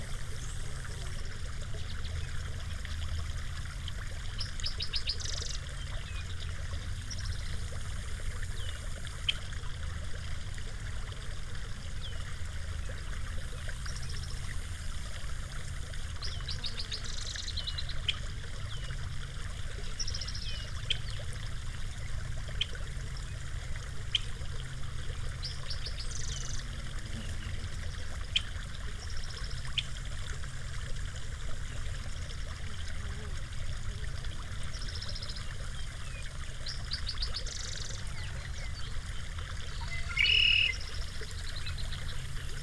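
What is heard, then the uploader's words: Sand Creek flows gently and steadily, a soft continuous trickle with a low rumble underneath. Birds sing intermittently throughout, mostly fairly faint, with brief bright calls every few seconds and a clearer one near the end. Recorded along the Bent Rock Trail in Red Mountain Open Space on a cool, cloudy morning in late June 2022. Elevation 6,285 feet. Red Mountain Open Space in Larimer County, Colorado. The gentle flow of Sand Creek and hear the songs of Red-Winged Blackbirds, Spotted Towhees, and Green-Tailed Towhees.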